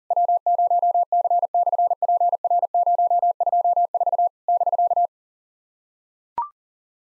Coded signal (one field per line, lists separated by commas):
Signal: Morse code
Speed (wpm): 40 wpm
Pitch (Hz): 700 Hz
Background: none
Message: W0C/PR024 <BK>